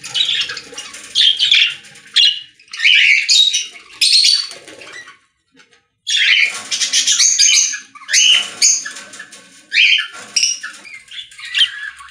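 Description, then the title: Budgerigar chattering in scratchy, buzzy bursts broken by a short silence midway, with clear whistled notes mixed into the grating warble. "Budgie Sounds"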